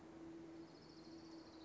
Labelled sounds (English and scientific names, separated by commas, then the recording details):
Orange-crowned Warbler (Leiothlypis celata)
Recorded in Sonoma County, California